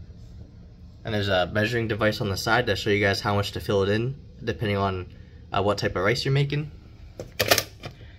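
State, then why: Seated. Someone talks, then the plastic lid of a Nutribullet EveryGrain rice cooker is pushed down until it latches, clicking shut at 7.4 s with a sharp, bright snap. The lid is seated in its latch.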